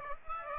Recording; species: mosquito wingbeat signal from an infrared sensor; Aedes aegypti